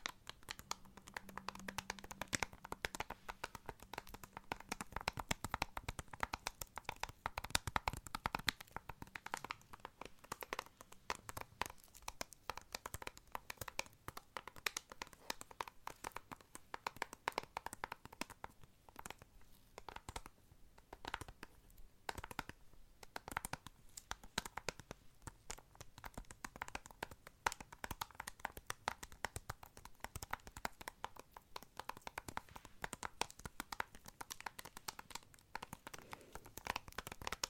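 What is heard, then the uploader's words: Fingers tap and handle small objects, producing dense, irregular clicks and soft knocks throughout. Some crinkly, papery rustling mixes in, and a faint low hum sits under the first few seconds. The sounds stay fairly even. Tapping random objects such as an old passport, a handmade calendar, Rubik's cube and a hot water bottle.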